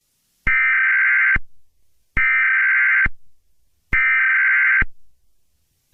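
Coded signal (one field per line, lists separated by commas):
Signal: Emergency Alert System (SAME) tones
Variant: header bursts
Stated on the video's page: Fictional EAS scenario, a simulated alert.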